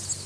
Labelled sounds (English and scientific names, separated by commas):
Nashville Warbler (Leiothlypis ruficapilla) flight call